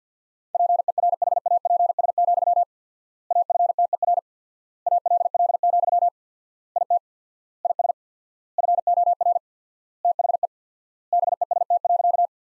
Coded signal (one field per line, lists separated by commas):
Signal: Morse code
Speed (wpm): 50 wpm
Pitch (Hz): 700 Hz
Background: none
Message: PERHAPS, AFTER ALL, IT IS FOR THE BEST.